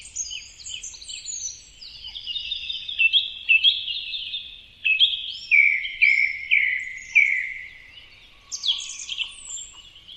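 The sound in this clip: Bird singing a run of high, fluty whistled phrases with sweeping and falling notes, delivered in quick succession with a brief lull near eight seconds.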